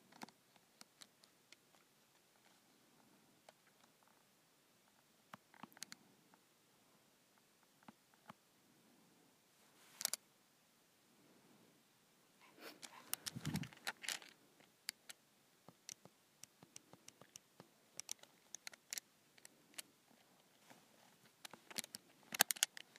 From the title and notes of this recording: ASMR Punching in Numbers on my Calculator.